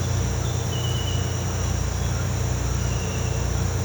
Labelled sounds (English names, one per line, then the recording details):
none
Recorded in pastures near Puerto Asís, Putumayo, Colombia, on 13 March 2025 at 07:30
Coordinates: 0.466, -76.322
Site CSA-02